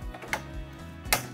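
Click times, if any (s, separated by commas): none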